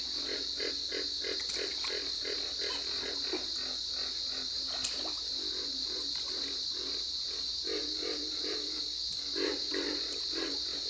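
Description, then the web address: Pig frog grunts, dense low pulses repeated rapidly and irregularly, under a steady high insect-like whine. "Dan Gibson's Solitudes Frog Song. Pig Frog"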